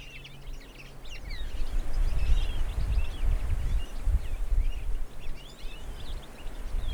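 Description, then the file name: European Goldfinch twittering calls, quick thin chirps scattered throughout, over a strong low rumble. "Carduelis carduelis"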